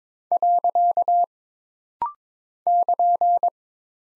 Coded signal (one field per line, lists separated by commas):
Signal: Morse code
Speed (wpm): 22 wpm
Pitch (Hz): 700 Hz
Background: none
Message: . <KN>